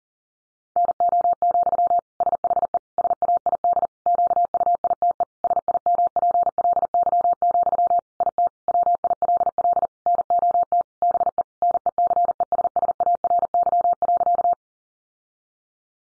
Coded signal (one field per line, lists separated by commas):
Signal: Morse code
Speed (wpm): 40 wpm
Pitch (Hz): 700 Hz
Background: none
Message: NO, SHE SAID QUITE SIMPLY, IT WILL NOT BE NECESSARY.